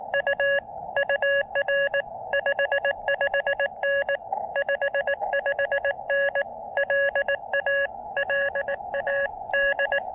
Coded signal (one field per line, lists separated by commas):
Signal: Morse code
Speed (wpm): 20 wpm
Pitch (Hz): 590 Hz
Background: none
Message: U UR 55N 55N LA LA D